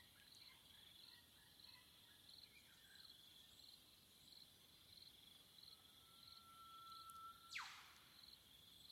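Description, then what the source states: Eastern whipbird giving one long, steady whistle that ends in a sharp whip-crack snap, over a constant background of shrill insect trilling. Heard in the bush, where whipbirds are heard all over the place.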